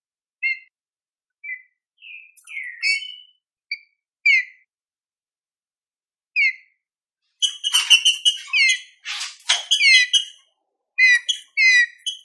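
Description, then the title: Green-winged saltator song: short downslurred whistled notes spaced apart, then a dense burst of rich, harmonic phrases, followed by two short bursts toward the end. No other sounds. Classic-style song used for training. "Canto Clássico Trinca Ferro TREINAMENTO"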